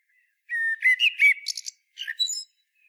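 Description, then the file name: Common blackbird singing one phrase of rich, warbled flute-like notes that breaks into thin, scratchy high chirps at the end. "Turdus merula"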